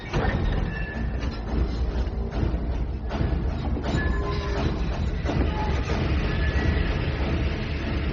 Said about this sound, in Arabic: وبينما كان القطار الذي امتطاه آرتور ماسكا يسير باتجاه الرباط سبقته برقية لمصلحة الأمن في سيدي قاسم تطالب بتوقيفه وتسليمه.